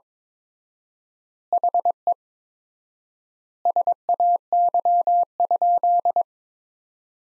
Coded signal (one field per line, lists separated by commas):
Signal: Morse code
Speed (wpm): 22 wpm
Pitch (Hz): 700 Hz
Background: none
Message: HE SAY?